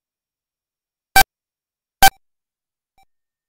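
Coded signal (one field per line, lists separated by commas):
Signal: none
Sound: game sound beeps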